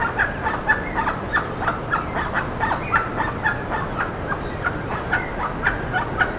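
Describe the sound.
Bird calls, a rapid jumble of short squawking notes with no pause across the whole stretch.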